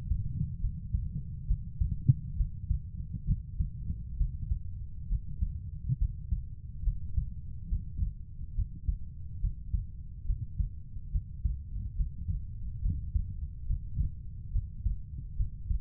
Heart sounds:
heart sounds by stethoscope; 69 bpm
0.61 s: heartbeat
1.48 s: heartbeat
2.37 s: heartbeat
3.27 s: heartbeat
4.18 s: heartbeat
5.09 s: heartbeat
5.99 s: heartbeat
6.84 s: heartbeat
7.69 s: heartbeat
8.56 s: heartbeat
9.41 s: heartbeat
10.27 s: heartbeat
11.12 s: heartbeat
11.97 s: heartbeat
12.82 s: heartbeat
13.67 s: heartbeat
14.53 s: heartbeat
15.37 s: heartbeat
From the record:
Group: healthy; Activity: Valsalva maneuver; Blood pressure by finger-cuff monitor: 113/66 mmHg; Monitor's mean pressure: 84 mmHg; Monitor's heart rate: 70 bpm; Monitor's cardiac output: 6.5 L/min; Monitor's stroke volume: 92 mL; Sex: female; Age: 22 years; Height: 160 cm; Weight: 63 kg

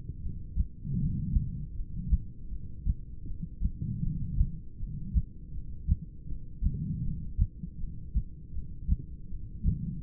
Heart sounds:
heart sounds by stethoscope; 79 bpm
0.24 s: heartbeat
1.01 s: heartbeat
1.77 s: heartbeat
2.53 s: heartbeat
3.29 s: heartbeat
4.05 s: heartbeat
4.81 s: heartbeat
5.55 s: heartbeat
6.30 s: heartbeat
7.06 s: heartbeat
7.82 s: heartbeat
8.56 s: heartbeat
9.32 s: heartbeat
From the record:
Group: heart failure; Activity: rest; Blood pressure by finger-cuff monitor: 90/70 mmHg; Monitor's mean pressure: 77 mmHg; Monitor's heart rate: 81 bpm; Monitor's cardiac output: 4.3 L/min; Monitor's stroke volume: 54 mL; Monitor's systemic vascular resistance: 1280 dyn s/cm5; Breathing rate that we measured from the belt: 21 breaths a minute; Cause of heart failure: idiopathic cardiomyopathy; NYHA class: 3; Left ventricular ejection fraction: 21%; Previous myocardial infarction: absent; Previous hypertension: absent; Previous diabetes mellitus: absent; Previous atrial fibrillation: absent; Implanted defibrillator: absent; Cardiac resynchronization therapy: present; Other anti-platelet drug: absent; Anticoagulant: apixaban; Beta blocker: bisoprolol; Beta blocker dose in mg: 5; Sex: male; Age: 59 years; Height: 173 cm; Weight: 70 kg

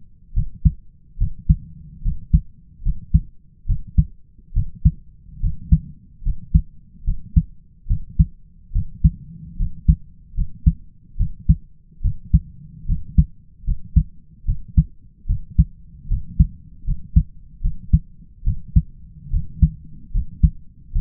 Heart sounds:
heart sounds by stethoscope; 73 bpm
0.34 s: heartbeat
1.18 s: heartbeat
2.02 s: heartbeat
2.83 s: heartbeat
3.66 s: heartbeat
4.53 s: heartbeat
5.40 s: heartbeat
6.23 s: heartbeat
7.04 s: heartbeat
7.87 s: heartbeat
8.72 s: heartbeat
9.57 s: heartbeat
10.34 s: heartbeat
11.17 s: heartbeat
12.02 s: heartbeat
12.86 s: heartbeat
13.64 s: heartbeat
14.45 s: heartbeat
15.26 s: heartbeat
16.08 s: heartbeat
16.84 s: heartbeat
17.61 s: heartbeat
18.44 s: heartbeat
19.30 s: heartbeat
20.11 s: heartbeat
20.92 s: heartbeat
From the record:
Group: healthy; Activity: rest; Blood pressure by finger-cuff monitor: 107/64 mmHg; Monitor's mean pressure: 75 mmHg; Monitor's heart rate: 72 bpm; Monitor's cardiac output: 5.1 L/min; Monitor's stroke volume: 72 mL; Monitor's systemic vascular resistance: 1060 dyn s/cm5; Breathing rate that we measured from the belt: 17 breaths a minute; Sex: male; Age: 20 years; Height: 167 cm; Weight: 61 kg

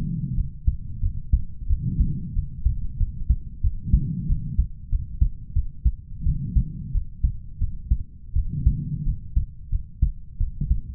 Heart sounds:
heart sounds by stethoscope; 90 bpm
0.35 s: heartbeat
1.00 s: heartbeat
1.67 s: heartbeat
2.33 s: heartbeat
2.97 s: heartbeat
3.61 s: heartbeat
4.27 s: heartbeat
4.89 s: heartbeat
5.53 s: heartbeat
6.23 s: heartbeat
6.92 s: heartbeat
7.58 s: heartbeat
8.33 s: heartbeat
9.04 s: heartbeat
9.69 s: heartbeat
10.37 s: heartbeat
From the record:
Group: healthy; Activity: rest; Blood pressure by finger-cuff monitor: 113/78 mmHg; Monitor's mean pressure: 88 mmHg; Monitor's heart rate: 91 bpm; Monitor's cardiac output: 6.6 L/min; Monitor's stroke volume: 74 mL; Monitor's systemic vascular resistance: 1000 dyn s/cm5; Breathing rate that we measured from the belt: 27 breaths a minute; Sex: male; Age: 20 years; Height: 187 cm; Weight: 68.9 kg

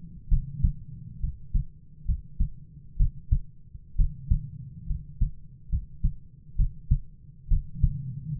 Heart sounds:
heart sounds by stethoscope; 67 bpm
0.28 s: heartbeat
1.19 s: heartbeat
2.05 s: heartbeat
2.96 s: heartbeat
3.95 s: heartbeat
4.86 s: heartbeat
5.69 s: heartbeat
6.55 s: heartbeat
7.47 s: heartbeat
8.35 s: heartbeat
From the record:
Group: healthy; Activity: cold pressor test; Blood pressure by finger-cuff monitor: 115/60 mmHg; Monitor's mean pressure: 70 mmHg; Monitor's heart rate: 66 bpm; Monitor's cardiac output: 7.2 L/min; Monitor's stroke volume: 110 mL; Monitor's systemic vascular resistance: 690 dyn s/cm5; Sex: male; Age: 22 years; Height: 185 cm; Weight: 112.4 kg

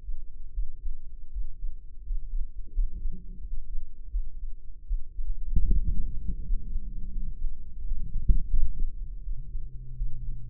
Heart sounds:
heart sounds by microphone in the right ear; 83 bpm
0.51 s: heartbeat
1.30 s: heartbeat
2.02 s: heartbeat
2.71 s: heartbeat
3.39 s: heartbeat
4.09 s: heartbeat
4.85 s: heartbeat
5.63 s: heartbeat
6.38 s: heartbeat
7.08 s: heartbeat
7.77 s: heartbeat
8.47 s: heartbeat
9.21 s: heartbeat
9.94 s: heartbeat
From the record:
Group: healthy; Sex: male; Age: 21 years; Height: 180 cm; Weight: 67.5 kg

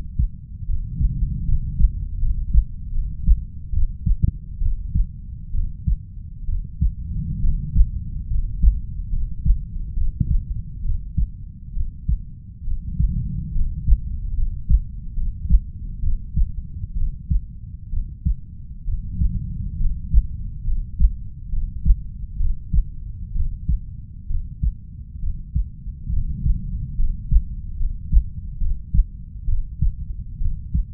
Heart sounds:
heart sounds by stethoscope; 69 bpm
0.66 s: heartbeat
1.45 s: heartbeat
2.19 s: heartbeat
2.91 s: heartbeat
3.70 s: heartbeat
4.58 s: heartbeat
5.51 s: heartbeat
6.45 s: heartbeat
7.40 s: heartbeat
8.27 s: heartbeat
9.09 s: heartbeat
9.94 s: heartbeat
10.81 s: heartbeat
11.73 s: heartbeat
12.64 s: heartbeat
13.52 s: heartbeat
14.34 s: heartbeat
15.14 s: heartbeat
16.00 s: heartbeat
16.94 s: heartbeat
17.89 s: heartbeat
18.84 s: heartbeat
19.77 s: heartbeat
20.64 s: heartbeat
21.49 s: heartbeat
22.37 s: heartbeat
23.32 s: heartbeat
24.27 s: heartbeat
25.20 s: heartbeat
26.09 s: heartbeat
26.96 s: heartbeat
27.76 s: heartbeat
28.58 s: heartbeat
29.45 s: heartbeat
30.38 s: heartbeat
From the record:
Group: healthy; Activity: rest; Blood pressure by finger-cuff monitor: 118/63 mmHg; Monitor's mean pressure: 78 mmHg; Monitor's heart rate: 68 bpm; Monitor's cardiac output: 5.6 L/min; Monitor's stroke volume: 83 mL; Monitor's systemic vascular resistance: 990 dyn s/cm5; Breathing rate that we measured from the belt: 10 breaths a minute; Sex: female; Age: 32 years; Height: 168 cm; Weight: 61.9 kg

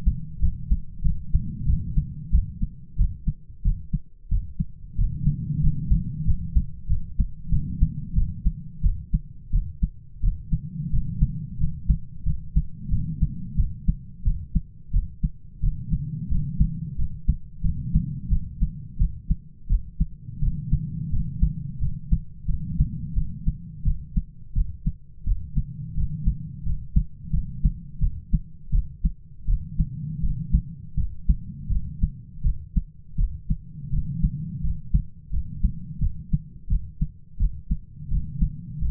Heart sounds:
heart sounds by stethoscope; 88 bpm
0.41 s: heartbeat
1.03 s: heartbeat
1.66 s: heartbeat
2.32 s: heartbeat
2.97 s: heartbeat
3.64 s: heartbeat
4.30 s: heartbeat
4.97 s: heartbeat
5.62 s: heartbeat
6.26 s: heartbeat
6.88 s: heartbeat
7.51 s: heartbeat
8.15 s: heartbeat
8.83 s: heartbeat
9.52 s: heartbeat
10.22 s: heartbeat
10.91 s: heartbeat
11.59 s: heartbeat
12.25 s: heartbeat
12.90 s: heartbeat
13.56 s: heartbeat
14.24 s: heartbeat
14.92 s: heartbeat
15.61 s: heartbeat
16.30 s: heartbeat
16.97 s: heartbeat
17.63 s: heartbeat
18.29 s: heartbeat
18.98 s: heartbeat
19.68 s: heartbeat
20.41 s: heartbeat
21.11 s: heartbeat
21.80 s: heartbeat
22.47 s: heartbeat
23.15 s: heartbeat
23.84 s: heartbeat
24.54 s: heartbeat
25.25 s: heartbeat
25.96 s: heartbeat
26.64 s: heartbeat
27.32 s: heartbeat
28.00 s: heartbeat
28.71 s: heartbeat
29.46 s: heartbeat
30.22 s: heartbeat
30.96 s: heartbeat
31.69 s: heartbeat
32.43 s: heartbeat
33.17 s: heartbeat
33.91 s: heartbeat
34.62 s: heartbeat
35.31 s: heartbeat
36.00 s: heartbeat
36.68 s: heartbeat
37.38 s: heartbeat
38.09 s: heartbeat
38.80 s: heartbeat
From the record:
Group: healthy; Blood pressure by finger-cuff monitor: 121/67 mmHg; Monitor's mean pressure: 84 mmHg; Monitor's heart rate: 88 bpm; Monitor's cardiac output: 8.7 L/min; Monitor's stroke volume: 102 mL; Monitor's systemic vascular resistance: 700 dyn s/cm5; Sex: male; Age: 33 years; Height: 179 cm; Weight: 80.4 kg

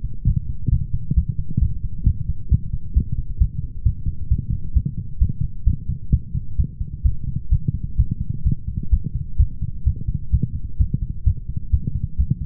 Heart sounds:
heart sounds by stethoscope; 131 bpm
0.25 s: heartbeat
0.70 s: heartbeat
1.15 s: heartbeat
1.60 s: heartbeat
2.05 s: heartbeat
2.49 s: heartbeat
2.94 s: heartbeat
3.39 s: heartbeat
3.84 s: heartbeat
4.29 s: heartbeat
4.74 s: heartbeat
5.19 s: heartbeat
5.65 s: heartbeat
6.11 s: heartbeat
6.57 s: heartbeat
7.03 s: heartbeat
7.50 s: heartbeat
7.97 s: heartbeat
8.44 s: heartbeat
8.91 s: heartbeat
9.38 s: heartbeat
9.84 s: heartbeat
10.31 s: heartbeat
10.78 s: heartbeat
11.25 s: heartbeat
11.71 s: heartbeat
12.17 s: heartbeat
From the record:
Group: healthy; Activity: light exercise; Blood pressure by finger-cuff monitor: 163/87 mmHg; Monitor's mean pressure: 108 mmHg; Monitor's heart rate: 132 bpm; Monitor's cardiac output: 13.1 L/min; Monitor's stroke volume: 100 mL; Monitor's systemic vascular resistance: 610 dyn s/cm5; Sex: male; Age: 24 years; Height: 184 cm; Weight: 89 kg

